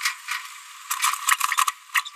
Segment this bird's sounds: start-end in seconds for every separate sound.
1.95-1.99